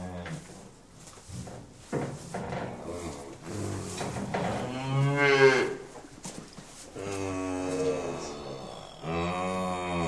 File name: Sound Ideas 2000 Series. Cow Moo